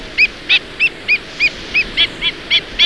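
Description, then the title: Stilt sandpiper giving a series of short, arched, squeaky notes, about three per second, fairly even in pitch, over faint low background hiss. "Bindenstrandlaeufer"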